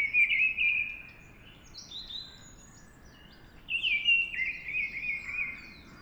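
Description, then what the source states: Mistle Thrush singing fluty whistled phrases at the start and again after a gap. Singing at dawn.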